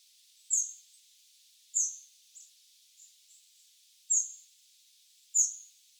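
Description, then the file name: Eurasian wren uttering brief, hard, high-pitched tick calls, four strong notes at irregular intervals, with a few softer notes in between. "Troglodytes troglodytes"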